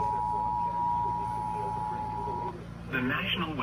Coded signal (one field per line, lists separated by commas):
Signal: Emergency Alert System (SAME) tones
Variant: 853 and 960 Hz attention tone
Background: speech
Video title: EAS Severe Thunderstorm Warning on TV for Indiana (6/1/2023) EAS #234.1